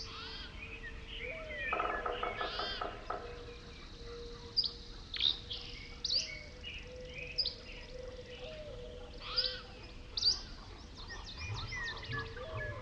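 Birds call and chirp throughout at Pipestone Canyon in Eastern Washington, with sharp high whistles and short trills arriving every second or two. A steady low tone hums underneath the whole time, and a dense buzzing rattle stands out for about a second near the two-second mark.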